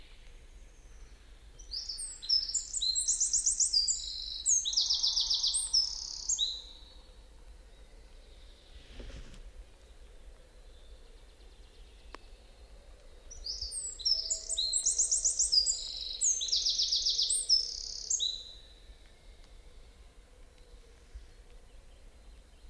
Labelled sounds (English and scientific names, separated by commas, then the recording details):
Eurasian Wren (Troglodytes troglodytes) song
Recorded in the wild
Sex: male
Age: adult
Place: Schönow, Naturpark Barnim, Brandenburg, DE
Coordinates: 52.705, 13.5092
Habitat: pine wood
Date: 2005-04-10
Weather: cloudy, 0°C, no wind
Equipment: Tascam DA-P1, Sennheiser MKH 70, Windschutz
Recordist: Frommolt, Karl-Heinz
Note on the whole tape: Kiefernwald mit eingesteuten Birken unmittelbar nördlich des Naturschutzgebietes Schönower Heide: Gesang. 14 Strophen. Entfernung ca. 15 m